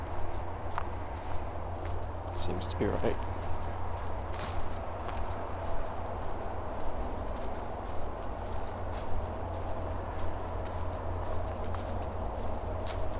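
A soundwalk through Withlacoochee State Forest: steady low rumble, a busy rustling bed, frequent light footstep-like taps, and a brief chirp near three seconds.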